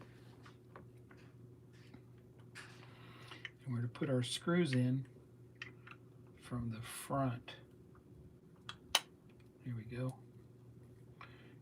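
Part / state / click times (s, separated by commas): plastic engine component into scale model engine block / seated / 9.0 s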